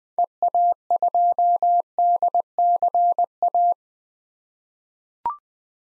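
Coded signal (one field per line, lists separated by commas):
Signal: Morse code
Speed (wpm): 20 wpm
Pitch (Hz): 700 Hz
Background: none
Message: EA2DCA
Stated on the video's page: Morse code drill sending common SOTA activator call signs at 20 wpm for head-copy practice, each sent before and after being spoken.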